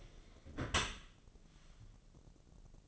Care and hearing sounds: daily activity, microphone in the room; close dishwasher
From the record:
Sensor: 4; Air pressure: 1013.2 hPa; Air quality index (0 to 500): 177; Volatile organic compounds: 2 ppm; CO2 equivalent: 1115 ppm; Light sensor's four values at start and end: 83/207/86/89 and 84/209/87/90

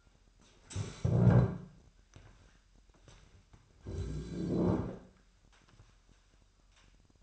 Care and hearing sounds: daily activity, microphone in the room; stand up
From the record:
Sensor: 2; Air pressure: 998.4 hPa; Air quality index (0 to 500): 126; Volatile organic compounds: 3 ppm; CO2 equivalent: 1421 ppm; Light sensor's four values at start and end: 6/14/6/6 and 5/11/5/5

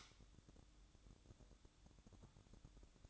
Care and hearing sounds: daily activity, microphone in the room; light on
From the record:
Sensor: 3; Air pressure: 1007.9 hPa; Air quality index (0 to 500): 99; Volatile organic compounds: 1 ppm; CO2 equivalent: 834 ppm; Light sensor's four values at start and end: 9/21/8/8 and 17/47/20/17

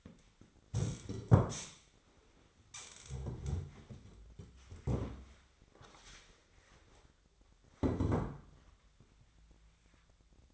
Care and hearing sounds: daily activity, microphone in the room; stand up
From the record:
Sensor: 3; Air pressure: 1008.0 hPa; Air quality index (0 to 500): 191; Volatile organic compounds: 14 ppm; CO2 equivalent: 2452 ppm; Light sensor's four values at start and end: 12/29/12/12 and 12/29/12/12

